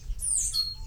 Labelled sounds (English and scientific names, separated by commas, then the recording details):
Stitchbird (Notiomystis cincta) song
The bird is a male
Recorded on Tiritiri Matangi Island, New Zealand, in 2005
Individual 22, of nest box 31